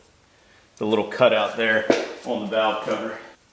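A rubber valve cover gasket is being pressed into the valve cover of a KTM dirt bike engine, with its ridge fitted into the cover's cutout, while someone talks. Nothing has seated or clicked yet.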